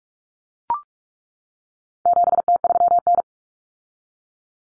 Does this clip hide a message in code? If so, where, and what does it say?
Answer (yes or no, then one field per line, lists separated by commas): yes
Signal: Morse code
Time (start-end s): 2.1-3.2 s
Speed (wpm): 44 wpm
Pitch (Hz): 700 Hz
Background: none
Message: 7T3N